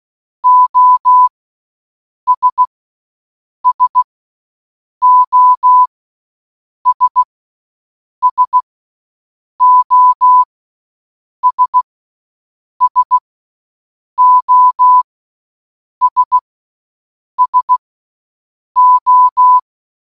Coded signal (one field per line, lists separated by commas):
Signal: Morse code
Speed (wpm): 16 wpm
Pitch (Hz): 1000 Hz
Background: none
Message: OS SOS SOS SOS SO